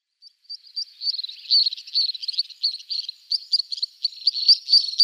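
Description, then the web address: Three-banded Plover display calling: a few spaced high peeps that quickly build into a fast, excited, high-pitched chatter that continues throughout. A pair of birds performing a display. "Schulze Peter Three-banded Plover pair display"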